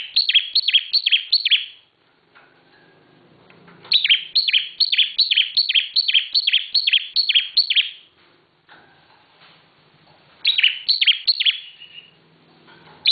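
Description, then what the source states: Bar-winged prinia song: bursts of sharp, descending chirped notes, about three per second, repeated in runs of several seconds separated by short silent gaps. Local name ciblek; described with the bird-keeping term 'semi super gacor', meaning very active, persistent singing.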